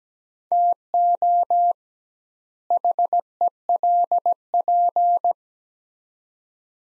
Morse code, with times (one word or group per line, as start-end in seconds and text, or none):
0.5-1.7 TO
2.7-5.3 HELP